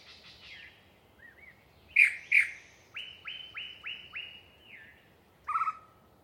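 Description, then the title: Yellow-breasted chat song, a jumble of varied phrases: two loud clucks, a series of five short whistled notes, then a harsh note, with pauses between. A particularly chatty individual giving a long pre-dawn song session in deciduous cover. "A Very Chatty Yellow-breasted Chat"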